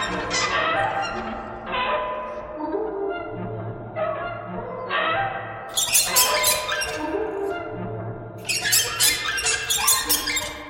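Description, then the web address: Bird squawks, harsh and squeaky, in short bursts that start high and drop, with a louder cluster of calls near the end over a low steady hum. "soundfactory birds"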